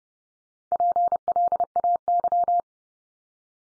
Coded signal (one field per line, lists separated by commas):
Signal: Morse code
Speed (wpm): 30 wpm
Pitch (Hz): 700 Hz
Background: none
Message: PLAY